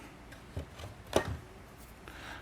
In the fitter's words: so the grill then snaps in place